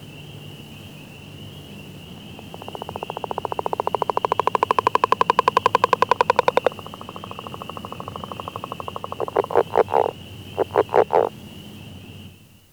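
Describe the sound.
Northern leopard frog giving a long rattling snore of rapid pulses lasting several seconds, then a few short chuckling bursts, over a constant high whine.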